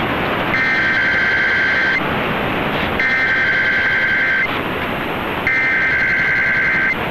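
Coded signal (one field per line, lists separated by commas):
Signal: Emergency Alert System (SAME) tones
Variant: header bursts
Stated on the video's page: Weekly test sent by a broadcast station in place of the scheduled monthly test.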